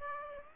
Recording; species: mosquito wingbeat signal from an infrared sensor; Aedes aegypti